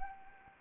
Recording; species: mosquito wingbeat signal from an infrared sensor; Anopheles arabiensis